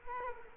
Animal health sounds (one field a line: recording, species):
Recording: mosquito wingbeat signal from an infrared sensor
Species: Culex quinquefasciatus